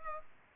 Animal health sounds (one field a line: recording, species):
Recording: mosquito wingbeat signal from an infrared sensor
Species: Culex pipiens